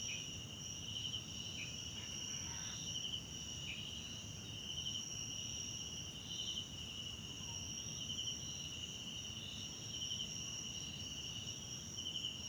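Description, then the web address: Shrill cricket trills run continuously, punctuated by regular pulsed chirps; a few faint, lower call notes appear briefly in the background. South African crickets recorded at night in a wetland park at Kosi Forest Lodge, South Africa; background ambience. "Tonschliff - SOUTH AFRICAN CRICKETS BG South Africa Wetland Park Kosi Forest Lodge Night"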